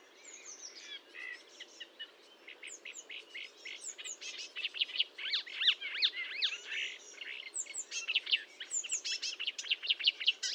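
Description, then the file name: Marsh warbler song: a dense, fast, endlessly varied stream of high chirps, slurred whistles and buzzy notes, rising in intensity after a softer opening. Recorded at Fontaine-Française, Fourneau, on 1 June 2022 at 10:55, using Nagra and Telinga equipment. "Rousserolle verderolle 1055 Fontaine-Francaise-Fourneau"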